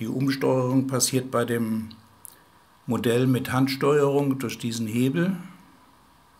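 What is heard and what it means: Someone talks about the hand-operated reversing lever in the detent quadrant of a Roundhouse Darjeeling B Class live-steam model locomotive, which latches into forward, stop and reverse positions. The lever is being handled, but nothing has clicked or seated into its detent yet.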